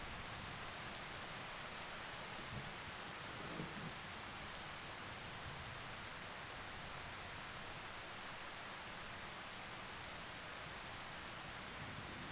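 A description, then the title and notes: Rain falls steadily throughout, a dense, even hiss with fine bright patter from countless drops. The level barely changes over the twelve seconds, with only a brief soft swell in the low range around the fourth second and a few sharper drop ticks scattered on top. Thunder & Rain Sounds.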